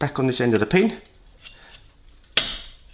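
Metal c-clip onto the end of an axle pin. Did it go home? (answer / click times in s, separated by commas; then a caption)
yes / 2.4 s. A small metal c-clip is refitted onto the end of an axle pin while reassembling in reverse order. Someone talks, then after a quiet pause a sharp metallic click at 2.4 seconds shows the clip seating in place.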